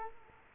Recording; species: mosquito wingbeat signal from an infrared sensor; Culex quinquefasciatus